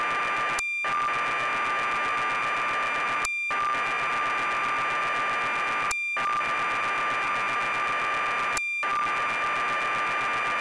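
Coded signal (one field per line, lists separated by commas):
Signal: computer data on cassette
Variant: BBC Micro, 1200 baud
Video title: BBC Micro: Elite by Acornsoft (Loading from tape)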